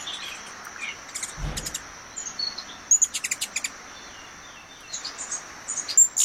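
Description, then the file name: Ruby-throated hummingbird giving sparse high ticks and a short quick chip series midway, plus a low soft thump early, over a steady high hiss. "Canto do beija flor da garganta vermelha"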